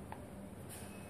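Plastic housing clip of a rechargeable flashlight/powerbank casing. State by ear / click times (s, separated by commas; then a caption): not seated / none. The plastic housing of a Starcom rechargeable Bluetooth flashlight/powerbank is being handled and pressed closed during reassembly after a battery replacement. Low background noise runs throughout, with one brief faint tick at 0.1 s. The housing clip has not seated or clicked into place yet.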